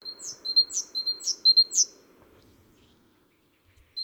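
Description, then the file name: Great tit calls: four quick, high phrases of short ticks and downswept notes in the first two seconds, then near silence until a final note at the end. "Parus major"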